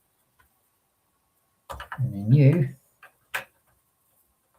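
A plastic brick piece is handled over a LEGO Titanic brick ship model, ready to be popped down into place. Someone talks from about 1.7 to 2.8 s, with a faint tick near 0.4 s and short plastic handling clicks at about 3.0 and 3.4 s. Nothing has seated or clicked into place yet.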